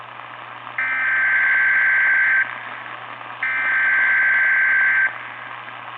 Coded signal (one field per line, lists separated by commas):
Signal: Emergency Alert System (SAME) tones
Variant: header bursts